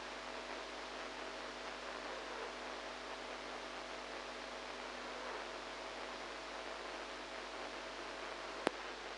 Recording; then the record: brain microelectrode recording played as sound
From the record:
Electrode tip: inside the subthalamic nucleus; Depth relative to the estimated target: -3 mm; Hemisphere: right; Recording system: NeuroSet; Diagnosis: Parkinson's disease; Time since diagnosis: 8 years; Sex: female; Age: 45 years